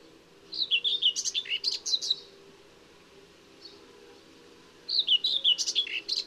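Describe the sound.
Common whitethroat song: two quick, scratchy, chattering phrases about three seconds apart, high and jerky, with one soft note in the gap.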